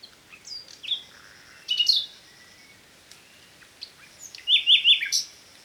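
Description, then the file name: Common nightingale song with scattered whistled and slurred notes, ending in a loud, quickly repeated series of sharp chirps; faint thin whistles in the background. "Luscinia megarhynchos"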